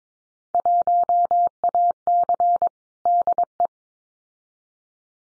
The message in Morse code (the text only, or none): 1AC DE